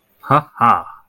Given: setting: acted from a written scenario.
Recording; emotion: vocal sound without words; realization